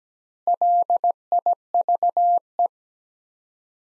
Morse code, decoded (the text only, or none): LIVE